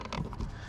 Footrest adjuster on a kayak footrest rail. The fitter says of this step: it locks into place just like so